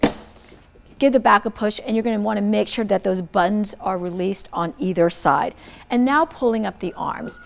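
A metal backrest on a heavy-duty drop-arm commode is pushed down into its frame holes, and its spring push-button pins pop through with a sharp knock at 0.0 s. The backrest is then seated, with the buttons released on both sides. Someone then talks for the rest of the clip.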